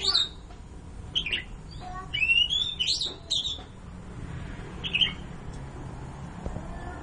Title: Kicau Kacer